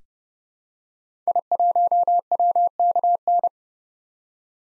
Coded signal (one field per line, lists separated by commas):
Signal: Morse code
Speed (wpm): 31 wpm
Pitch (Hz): 700 Hz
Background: none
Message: I1WKN